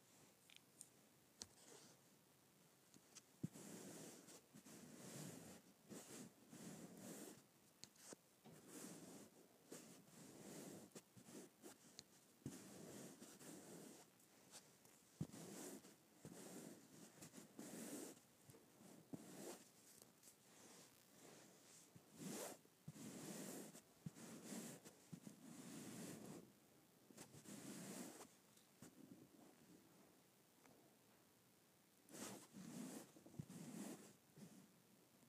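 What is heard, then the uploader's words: A hand or object rubs across a smooth carpet in repeated soft, scratchy strokes, one every second or two for the whole stretch. Each swipe has a low, muffled body with a hissing top, and a few sharper ticks stand out around 3, 12 and 15 seconds. ASMR Smooth Carpet.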